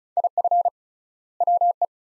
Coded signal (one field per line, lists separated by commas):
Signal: Morse code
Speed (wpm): 36 wpm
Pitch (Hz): 700 Hz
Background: none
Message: IF WE